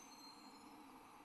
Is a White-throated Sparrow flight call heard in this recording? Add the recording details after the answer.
no. No flight call is heard. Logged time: 22:19 on 29 November 2014